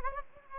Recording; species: mosquito wingbeat signal from an infrared sensor; Anopheles gambiae